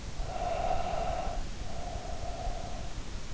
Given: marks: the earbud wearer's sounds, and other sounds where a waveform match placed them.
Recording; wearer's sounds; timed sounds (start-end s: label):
sounds in sleep by an in-ear microphone; breath
0.15-3.22 s: breath